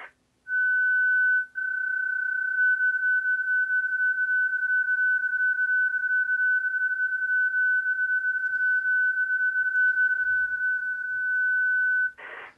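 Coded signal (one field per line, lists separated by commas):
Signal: PSK31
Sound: one steady warbling tone near 1.5 kHz with rapid fluttering dips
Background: faint hiss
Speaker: Let me play a little CQ of PSK-31. It's a completely different sound.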